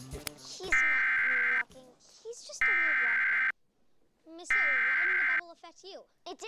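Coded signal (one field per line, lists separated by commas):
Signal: Emergency Alert System (SAME) tones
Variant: header bursts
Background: speech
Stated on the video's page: Severe thunderstorm warning EAS alert aired on WNPT-DT1 during a PBS program.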